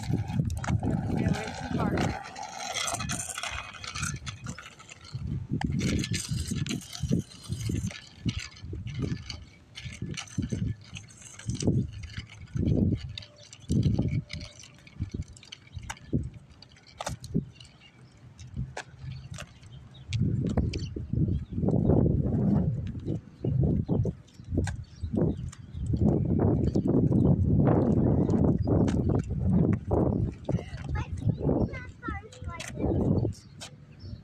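Cars drive by while a bike knocks against the pavement in a steady, clip-clop-like rhythm of low thuds, about two per second, with sharp clicks on top. A hissy wash fills the opening seconds, and a deeper rumble swells from about 20 seconds to the end.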